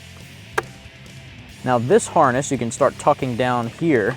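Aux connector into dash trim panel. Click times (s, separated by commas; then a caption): 0.6 s. A factory aux connector is pushed back into its opening in the plastic dash trim panel of a 2010-2014 Mustang, popping into place with a sharp, short click at 0.6 s. Faint background noise follows, then someone talks from about 1.6 s to the end.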